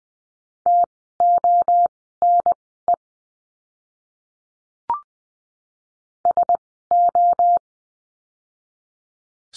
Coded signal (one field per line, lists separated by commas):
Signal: Morse code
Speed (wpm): 19 wpm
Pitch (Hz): 700 Hz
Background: none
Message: TONE SO